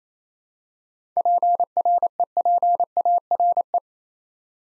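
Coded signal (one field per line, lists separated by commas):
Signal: Morse code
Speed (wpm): 28 wpm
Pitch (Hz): 700 Hz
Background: none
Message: PREPARE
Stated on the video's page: Morse practice at 28 wpm sending seven-letter words for head-copy, each word sent twice.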